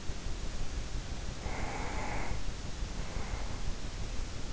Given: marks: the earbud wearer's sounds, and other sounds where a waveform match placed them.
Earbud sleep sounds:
sounds in sleep by an in-ear microphone; breath
1.11-3.84 s: breath

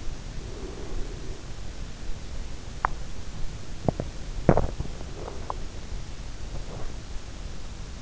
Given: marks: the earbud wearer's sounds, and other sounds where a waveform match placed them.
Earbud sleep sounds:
sounds in sleep by an in-ear microphone; breath, teeth grinding
0.00-1.93 s: breath
2.77-7.36 s: teeth grinding

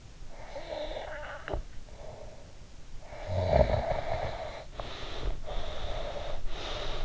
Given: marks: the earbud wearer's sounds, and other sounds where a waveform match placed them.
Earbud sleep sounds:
sounds in sleep by an in-ear microphone; snoring breath, breath
0.36-2.52 s: snoring breath
3.13-5.21 s: snoring breath
5.46-7.04 s: breath

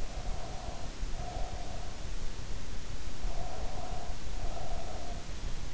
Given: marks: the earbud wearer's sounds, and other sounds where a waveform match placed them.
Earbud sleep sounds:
sounds in sleep by an in-ear microphone; breath
0.00-2.01 s: breath
2.97-5.39 s: breath

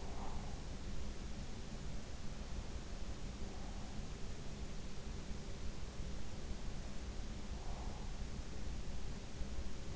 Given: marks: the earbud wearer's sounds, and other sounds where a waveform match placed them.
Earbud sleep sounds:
sounds in sleep by an in-ear microphone; breath
0.00-0.57 s: breath

